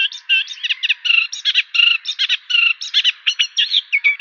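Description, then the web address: Eurasian reed warbler song, a rhythmic chatter of scratchy and whistled notes in quick, uneven succession with no other sounds. "Schulze Peter Reed Warbler song"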